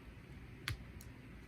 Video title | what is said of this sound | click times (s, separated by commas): Episode 13 I Just Want My Toys - 12 Reviews in 12 Weeks! #1 NECA American Werewolf Action Figures | there we go or that little snap | 0.7 s